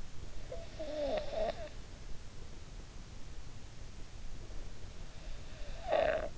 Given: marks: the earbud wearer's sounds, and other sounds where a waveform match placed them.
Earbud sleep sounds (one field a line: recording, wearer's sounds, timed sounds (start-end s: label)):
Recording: sounds in sleep by an in-ear microphone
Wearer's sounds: snoring breath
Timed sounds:
0.54-1.77 s: snoring breath
5.61-6.38 s: snoring breath